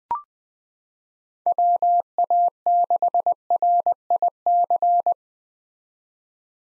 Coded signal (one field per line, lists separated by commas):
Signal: Morse code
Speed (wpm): 21 wpm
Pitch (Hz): 700 Hz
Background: none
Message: WA6RIC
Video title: 2023 SOTA Chaser Call Signs - 20wpm